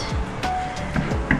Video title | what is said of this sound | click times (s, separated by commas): Unboxing the Ninja Foodi Power Nutri Blender 3-in-1 - First impression - - Video Diary 72 | secure cuz you will hear the click from it | 1.3 s